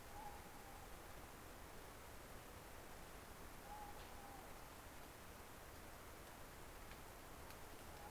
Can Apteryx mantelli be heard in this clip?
no